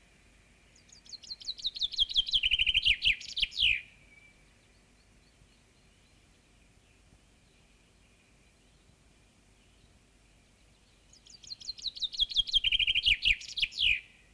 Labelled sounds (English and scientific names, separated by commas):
Common Chaffinch (Fringilla coelebs) song